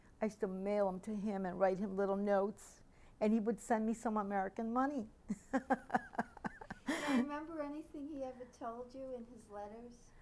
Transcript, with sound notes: I used to mail them to him and write him little notes, and he would send me some American money. [Laughs]
Do you remember anything he ever told you in his letters?